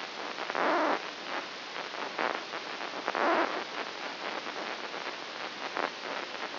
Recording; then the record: brain microelectrode recording played as sound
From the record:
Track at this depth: inside the subthalamic nucleus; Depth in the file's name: 2.603 mm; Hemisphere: right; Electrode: 2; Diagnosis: Parkinson's disease